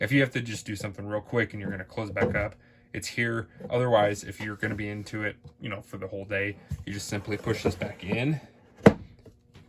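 Someone talks while pushing the drop-down front lock bar of a Milwaukee Packout plastic drawer tool box back in by hand. One sharp hit is heard at 8.9 seconds as the bar locks into place behind the drawers, followed by a few faint knocks.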